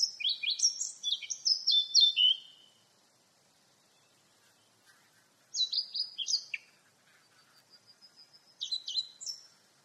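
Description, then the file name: Eurasian blackcap song: short warbled phrases of bright descending whistles, repeated after pauses, with faint thin notes in between. "Sylvia atricapilla"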